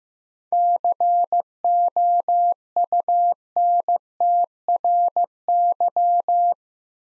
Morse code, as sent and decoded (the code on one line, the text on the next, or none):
-.-. --- ..- -. - .-. -.--
COUNTRY